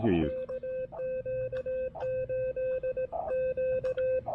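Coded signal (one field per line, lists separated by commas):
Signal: Morse code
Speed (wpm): 17 wpm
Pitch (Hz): 520 Hz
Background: speech, radio noise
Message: KQ8Q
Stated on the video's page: Park activation on 20 and 40 meters with an Elecraft K1 QRP rig, including a park-to-park contact.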